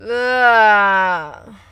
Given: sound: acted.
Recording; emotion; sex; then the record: nonverbal affect burst; disgust; female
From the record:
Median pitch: 213 Hz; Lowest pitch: 143 Hz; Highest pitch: 253 Hz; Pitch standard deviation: 31 Hz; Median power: 77.1 dB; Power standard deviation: 12.4 dB